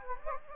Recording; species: mosquito wingbeat signal from an infrared sensor; Anopheles gambiae